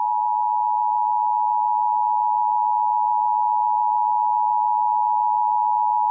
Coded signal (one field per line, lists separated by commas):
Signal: Emergency Alert System (SAME) tones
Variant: 853 and 960 Hz attention tone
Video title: [EAS #2483-#2489] Tests Galore! (6/20/23 - 6/21/23)